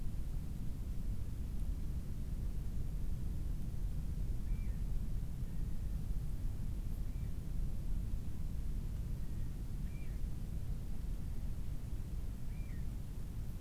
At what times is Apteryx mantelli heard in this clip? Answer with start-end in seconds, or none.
none